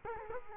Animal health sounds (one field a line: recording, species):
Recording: mosquito wingbeat signal from an infrared sensor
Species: Culex quinquefasciatus